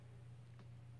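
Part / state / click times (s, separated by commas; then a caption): airflow control ring on a vape tank base / not seated / none. The airflow control ring on the base of a Uwell Crown sub-ohm vape tank is handled, a ring made to lock into detent positions rather than spin freely. A steady low hum runs throughout, with one faint, brief tick near 0.6 s. The clip ends before the ring goes home, and nothing has seated or clicked into place yet.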